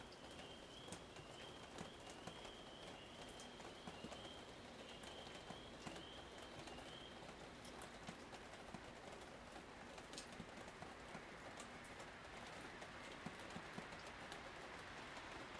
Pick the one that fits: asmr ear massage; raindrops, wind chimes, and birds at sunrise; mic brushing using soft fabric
raindrops, wind chimes, and birds at sunrise